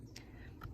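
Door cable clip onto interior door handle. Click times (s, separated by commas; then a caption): 0.2 s, 0.6 s. Two-handed, a plastic door clip is pushed back onto the interior door handle of a 2012–2018 Focus during a window motor replacement so the cable latches over the handle piece. Two short, sharp clicks sound at 0.2 s and 0.6 s over a low steady background hum. The clip is confirmed to snap into place.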